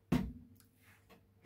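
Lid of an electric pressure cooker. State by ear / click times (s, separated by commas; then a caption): not seated / none. The lid of an electric pressure cooker is closed and turned toward its locked position, with a heavy low thump at 0.1 s, a faint tick at 0.6 s and a soft knock at 1.5 s. The clip ends before the lid locks, so nothing has seated or clicked yet.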